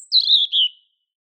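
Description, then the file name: European robin giving a single thin, high, slightly descending drawn-out whistle lasting under a second. "Erithacus rubecula"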